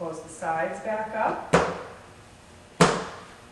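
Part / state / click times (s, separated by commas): plastic filter frame side into its latch / seated / 2.8 s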